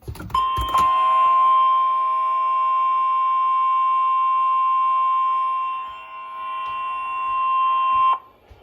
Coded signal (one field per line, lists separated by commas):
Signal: Emergency Alert System (SAME) tones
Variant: 1050 Hz attention tone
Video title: This is Not Slight (EAS# 100-120) [Re-Uploaded]